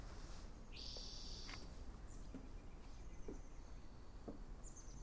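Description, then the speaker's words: Spotted Towhee song: one dry, buzzy rattling trill lasting under a second, followed by a few faint high notes over steady low background rumble. Shy bird singing unseen in a tree in a coastal park with lagoon and riparian zone; rattly-sounding song. "So, well, the one that's singing right now, that kind of rattly sound, that's a spotted towhee."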